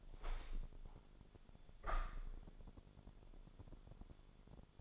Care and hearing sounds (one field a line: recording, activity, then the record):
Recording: daily activity, microphone in the room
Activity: open window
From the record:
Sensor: 5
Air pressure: 1000.6 hPa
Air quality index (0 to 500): 154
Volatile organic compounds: 2 ppm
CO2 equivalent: 1182 ppm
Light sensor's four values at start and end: 39/93/39/42 and 39/93/39/42